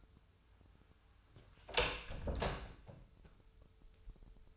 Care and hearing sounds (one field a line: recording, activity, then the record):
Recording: daily activity, microphone in the room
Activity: close door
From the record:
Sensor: 2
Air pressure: 996.0 hPa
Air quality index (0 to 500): 39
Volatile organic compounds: 1 ppm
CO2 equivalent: 671 ppm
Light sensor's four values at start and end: 12/27/12/12 and 11/27/11/12